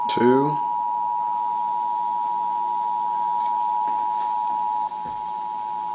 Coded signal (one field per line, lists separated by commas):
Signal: Emergency Alert System (SAME) tones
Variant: 853 and 960 Hz attention tone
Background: speech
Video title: Official EAS Test from 11-9-11